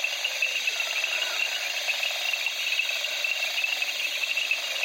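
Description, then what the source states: Crickets and frogs chorus densely, high continuous insect trilling mixed with pulsed frog calls and a brief faint sliding note. At night among reeds in the Okavango, Africa, with crickets and frogs calling.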